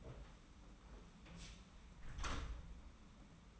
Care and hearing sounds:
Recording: daily activity, microphone in the room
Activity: close door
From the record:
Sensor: 1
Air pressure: 991.6 hPa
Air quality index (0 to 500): 126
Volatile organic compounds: 312 ppm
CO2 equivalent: 4507 ppm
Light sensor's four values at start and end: 33/108/42/43 and 33/108/42/43

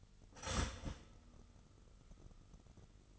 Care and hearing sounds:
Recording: daily activity, microphone in the room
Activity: start toaster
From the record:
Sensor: 4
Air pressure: 989.4 hPa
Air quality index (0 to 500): 217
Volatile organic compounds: 68 ppm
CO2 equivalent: 3502 ppm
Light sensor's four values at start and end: 23/81/29/31 and 23/81/29/32

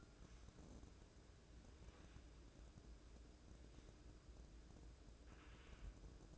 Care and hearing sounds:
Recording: daily activity, microphone in the room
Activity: wipe stove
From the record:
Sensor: 2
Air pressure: 1012.2 hPa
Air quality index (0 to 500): 161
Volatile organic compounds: 2 ppm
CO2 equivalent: 1176 ppm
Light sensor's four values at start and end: 408/1089/409/444 and 408/1089/408/444

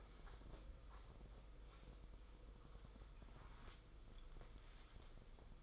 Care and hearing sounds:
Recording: daily activity, microphone in the room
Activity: wipe stove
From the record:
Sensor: 5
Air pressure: 990.7 hPa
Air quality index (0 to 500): 157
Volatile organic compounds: 224 ppm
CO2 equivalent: 4288 ppm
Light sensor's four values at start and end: 44/127/51/54 and 44/125/50/53

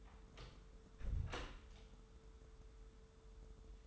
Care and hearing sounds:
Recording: daily activity, microphone in the room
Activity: close door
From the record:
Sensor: 3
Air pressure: 1015.2 hPa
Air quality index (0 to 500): 121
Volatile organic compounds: 4 ppm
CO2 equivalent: 1695 ppm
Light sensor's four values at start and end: 16/40/16/17 and 16/40/16/17

